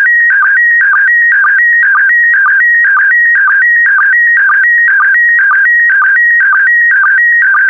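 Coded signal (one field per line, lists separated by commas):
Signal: SSTV (slow-scan television)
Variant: PD120 mode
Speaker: complete you can now check your decoded image against the picture that is shown on the video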